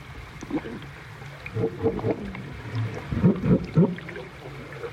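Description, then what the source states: Seals calling underwater, low moaning and grunting notes in irregular bursts over a low rumbling water background. Wild seals recorded underwater in stereo by hydrophone from a vessel anchored off Mingulay, Hebrides, in late September during the pupping season.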